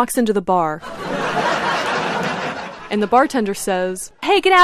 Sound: laughter